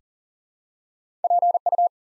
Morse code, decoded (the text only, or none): PU